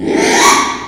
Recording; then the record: squeal of a Yucatan mini pig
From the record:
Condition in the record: after surgery on the right vocal fold (resection and tissue-engineered implant); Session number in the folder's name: 4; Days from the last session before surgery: 42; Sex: male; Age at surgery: 12 weeks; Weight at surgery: 13 kg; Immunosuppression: cyclosporine, prednisolone